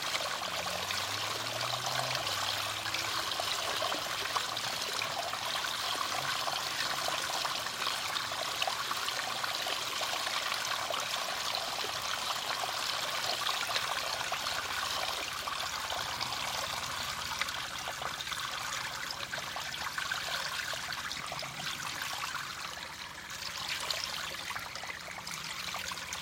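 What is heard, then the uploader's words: Spring water pours steadily from an old pipe into a stone basin, a dense, bright splashing that barely changes, with faint low rumbles early on. A binaural spring water soundscape. Water flows out of an old pipe in the side of a hill, under a road, into a stone basin and out down into the fields.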